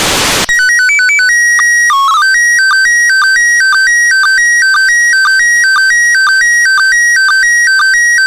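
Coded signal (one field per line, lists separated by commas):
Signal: SSTV (slow-scan television)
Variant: PD 120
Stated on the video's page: Slow Scan TV images from the ISS in PD-120 mode on 145.800 MHz FM, sent with a Kenwood TM-D710 transceiver.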